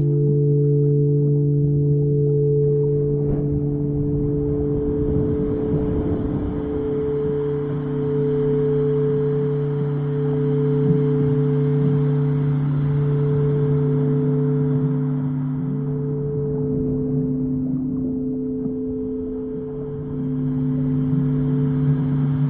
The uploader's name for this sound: soundscape singing bowls, deep sea healing on the Great Barrier Reef